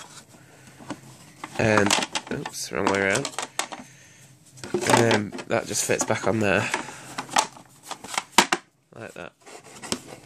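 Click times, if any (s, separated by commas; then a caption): 8.4 s. Someone talks while fitting the plastic slider part back onto the body of a Hoover Turbomaster Electronic Total System U5096 upright vacuum cleaner, first putting it on the wrong way round, then turning it and pushing it back into place with scattered plastic handling clicks. The part clicks back in and seats with a sharp snap at 8.4 seconds.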